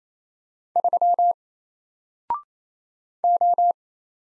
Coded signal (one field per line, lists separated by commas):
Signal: Morse code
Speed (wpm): 27 wpm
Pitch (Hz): 700 Hz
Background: none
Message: 3 O